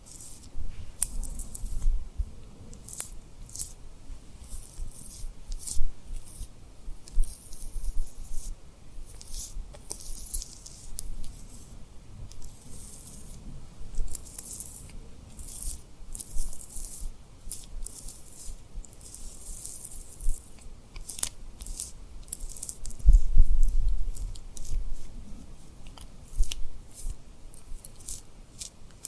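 Tapping and rubbing on rhinestones make fast, irregular crisp clicks and scratchy swishes, with a low rumble and a louder burst near 23 seconds.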